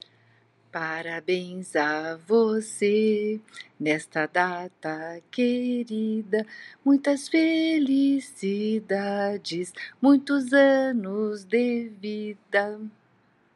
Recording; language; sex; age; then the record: short text; Brazilian Portuguese; female; 60 to 69 years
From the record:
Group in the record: control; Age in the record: 63 years